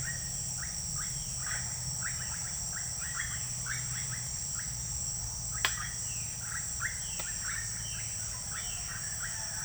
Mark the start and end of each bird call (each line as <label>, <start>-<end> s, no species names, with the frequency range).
bird call (0.8-2.9 kHz), 0.00-4.24 s
bird call (0.6-2.9 kHz), 5.47-9.42 s